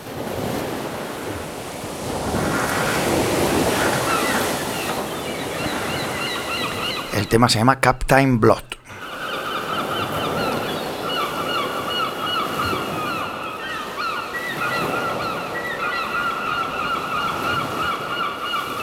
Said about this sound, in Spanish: Qué bonito el mar, el oleaje, ¿eh?